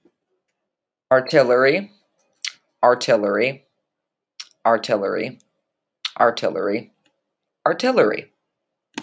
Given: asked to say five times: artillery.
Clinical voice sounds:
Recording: repeated word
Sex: female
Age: 30 to 39 years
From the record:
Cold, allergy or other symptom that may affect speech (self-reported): no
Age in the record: 36 years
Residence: Ohio, United States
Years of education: 14

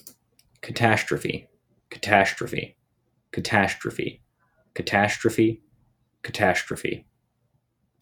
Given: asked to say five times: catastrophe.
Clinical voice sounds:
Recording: repeated word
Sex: male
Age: 18 to 19 years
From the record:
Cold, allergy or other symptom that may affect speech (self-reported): no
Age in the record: 18 years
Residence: Georgia, United States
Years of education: 13

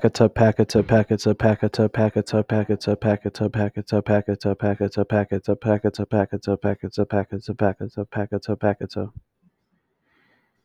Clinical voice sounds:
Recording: repeated syllables /pa ta ka/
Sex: male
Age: 20 to 29 years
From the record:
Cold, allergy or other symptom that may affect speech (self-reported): no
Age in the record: 27 years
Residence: Ohio, United States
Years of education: 15

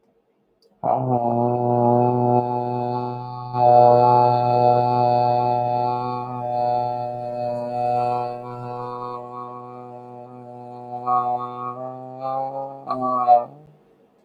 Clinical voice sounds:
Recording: vowel held as long as possible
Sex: male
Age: 30 to 39 years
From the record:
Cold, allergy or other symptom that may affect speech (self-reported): no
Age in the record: 34 years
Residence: Arizona, United States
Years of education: 17

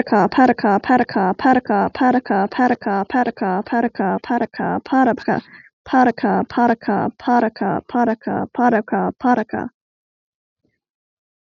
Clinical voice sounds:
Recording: repeated syllables /pa ta ka/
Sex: female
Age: 20 to 29 years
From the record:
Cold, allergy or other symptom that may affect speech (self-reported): no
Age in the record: 22 years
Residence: Pennsylvania, United States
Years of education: 16

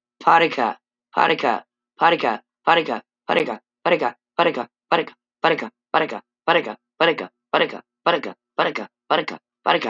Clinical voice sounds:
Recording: repeated syllables /pa ta ka/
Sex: female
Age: 40 to 49 years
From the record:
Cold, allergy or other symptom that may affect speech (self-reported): no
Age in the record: 42 years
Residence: Iowa, United States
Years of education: 14

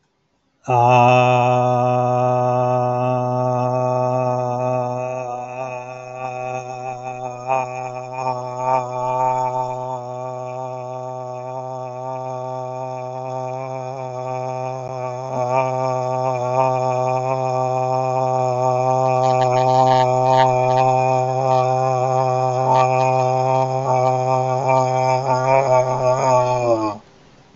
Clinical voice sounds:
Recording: vowel held as long as possible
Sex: male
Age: 30 to 39 years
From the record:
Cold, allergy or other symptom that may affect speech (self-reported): no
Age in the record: 38 years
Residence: New Hampshire, United States

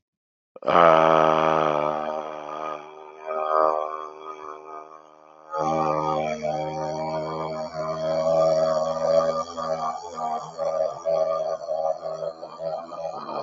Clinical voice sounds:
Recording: vowel held as long as possible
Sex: male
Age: 40 to 49 years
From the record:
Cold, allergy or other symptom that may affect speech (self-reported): no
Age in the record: 44 years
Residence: Texas, United States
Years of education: 12

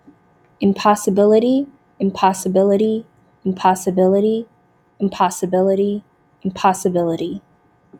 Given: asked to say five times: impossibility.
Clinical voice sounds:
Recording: repeated word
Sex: female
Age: 20 to 29 years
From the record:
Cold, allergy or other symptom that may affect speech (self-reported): no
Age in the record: 22 years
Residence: Illinois, United States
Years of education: 16

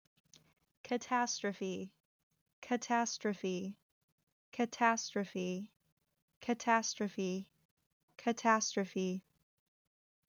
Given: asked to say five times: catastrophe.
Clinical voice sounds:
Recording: repeated word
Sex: female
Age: 20 to 29 years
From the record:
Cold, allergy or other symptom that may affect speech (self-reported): no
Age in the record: 21 years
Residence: New Jersey, United States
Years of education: 15

